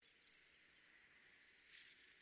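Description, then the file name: European robin giving a single thin, very high-pitched note, brief and sharp, followed by a quiet stretch with a faint sound near the end. "Erithacus rubecula"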